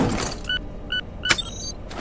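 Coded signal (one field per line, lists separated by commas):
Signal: none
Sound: a game's device beeps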